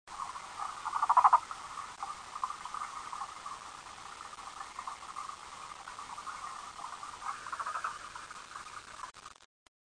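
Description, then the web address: Frog calling in a continuous mid-pitched trill, louder in a brief burst near the start, then steady until it cuts off near the end. "frog zukan"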